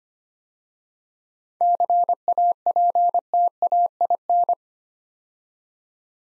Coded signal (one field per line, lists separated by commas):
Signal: Morse code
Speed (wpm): 25 wpm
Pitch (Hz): 700 Hz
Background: none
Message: CAPTAIN